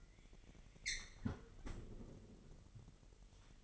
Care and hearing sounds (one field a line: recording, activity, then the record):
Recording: daily activity, microphone in the room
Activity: close fridge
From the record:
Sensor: 4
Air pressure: 1002.7 hPa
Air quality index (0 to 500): 241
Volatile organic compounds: 17 ppm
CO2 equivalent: 2579 ppm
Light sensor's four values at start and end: 4/10/4/4 and 4/10/4/4